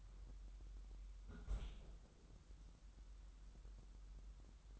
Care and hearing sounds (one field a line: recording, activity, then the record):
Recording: daily activity, microphone in the room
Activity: close fridge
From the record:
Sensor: 3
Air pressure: 994.4 hPa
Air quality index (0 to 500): 208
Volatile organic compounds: 1000 ppm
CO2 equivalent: 6942 ppm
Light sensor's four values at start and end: 143/340/141/134 and 134/319/131/124